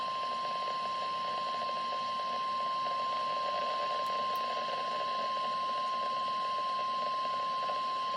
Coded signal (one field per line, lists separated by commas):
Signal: Emergency Alert System (SAME) tones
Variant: 1050 Hz attention tone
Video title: Rain anyone EAS alerts 75-77 5/20/20